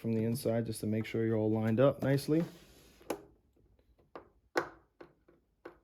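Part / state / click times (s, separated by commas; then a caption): plastic internal hub part into 3D printer filament feeder housing / seated / 3.1 s, 4.2 s, 4.6 s, 5.0 s, 5.7 s. A plastic internal hub part, placed facing down and checked for alignment from the inside, is pressed into its plastic housing on a reassembled 3D printer filament-feeder unit (AMS 2 Pro). Someone talks first, then sharp clicks and snaps sound at 3.1, 4.2, 4.6, 5.0 and 5.7 seconds as the part seats fully in place.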